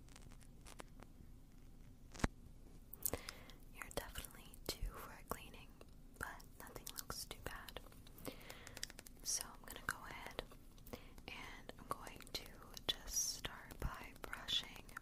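Dry ear-cleaning sounds of odd objects: irregular sharp clicks, squishy scrapes and rustles over a steady low hum.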